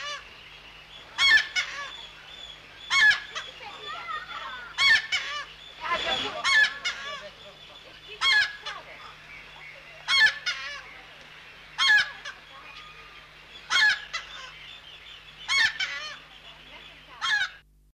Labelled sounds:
Giant Wood Rail (Aramides ypecaha) call

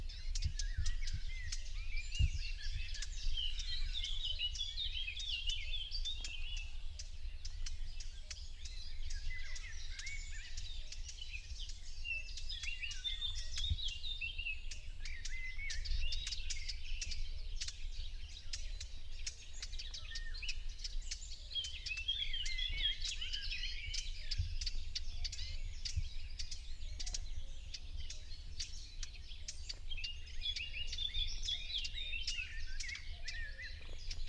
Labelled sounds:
Common Whitethroat (Sylvia communis) call

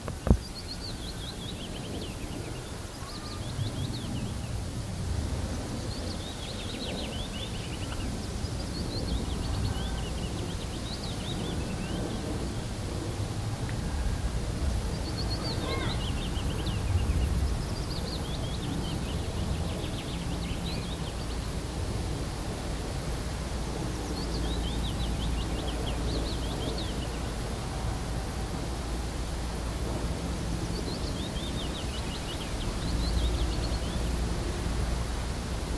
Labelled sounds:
Willow Warbler (Phylloscopus trochilus)

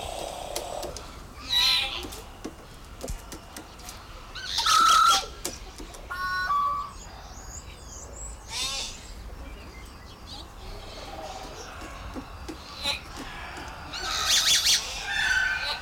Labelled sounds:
Common Hill Myna (Gracula religiosa)

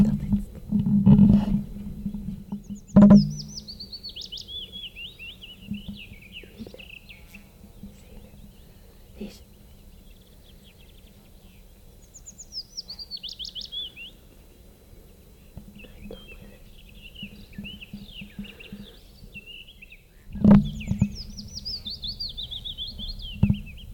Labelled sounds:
Willow Warbler (Phylloscopus trochilus) song

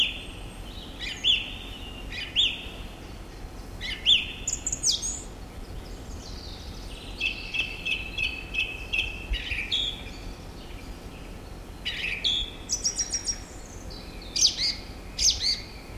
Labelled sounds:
Song Thrush (Turdus philomelos) song

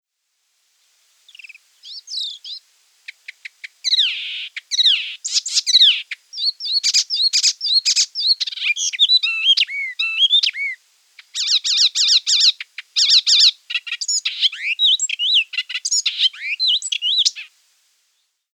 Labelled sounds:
Icterine Warbler (Hippolais icterina)

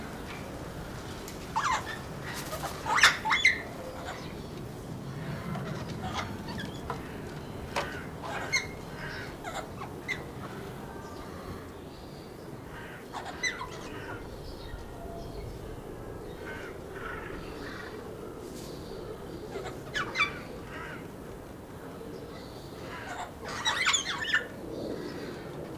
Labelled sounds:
Major Mitchell's Cockatoo (Lophochroa leadbeateri) call

